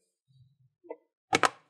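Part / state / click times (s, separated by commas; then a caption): laptop bottom cover into chassis / seated / 1.4 s, 1.5 s. The plastic bottom cover of a Lanix Neuron Pad laptop is put back onto the chassis after an overheating-fix service, with its corners pressed down so the snap clips latch. Faint low rustling and a small tap near 0.9 s come before two sharp, bright clicks at 1.4 s and 1.5 s as the clips snap in, and the cover is seated.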